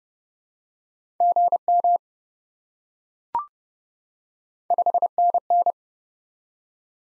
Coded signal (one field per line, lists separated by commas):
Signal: Morse code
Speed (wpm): 30 wpm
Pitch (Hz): 700 Hz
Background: none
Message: GM 5NN